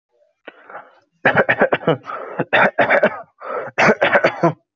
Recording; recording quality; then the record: shallow voluntary cough; moderate, slight background noise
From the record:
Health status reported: healthy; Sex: male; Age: 25 years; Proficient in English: yes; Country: India